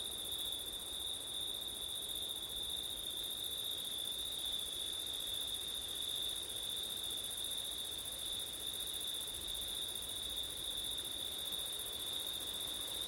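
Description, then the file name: Crickets keep up a level, ceaseless high trill, layered with a softer upper shimmer, over a steady soft hiss. Crickets on a September night, with wind; ortif recording. "crickets wind september night ortif"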